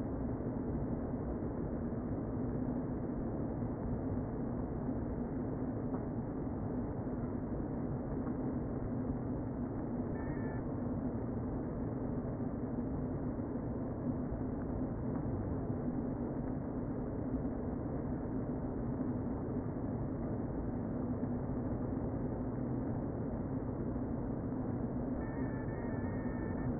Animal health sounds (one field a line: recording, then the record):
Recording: honeybee colony, microphone inside the hive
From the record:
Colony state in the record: queen present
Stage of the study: before two queens were removed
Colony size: about 60,000 bees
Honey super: yes